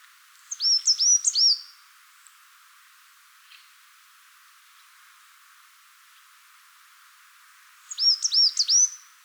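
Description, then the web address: Coal tit song: two bursts of high, thin, repeated two-note phrases, sung several seconds apart, with quiet background between them. "chant birdify Periparus ater"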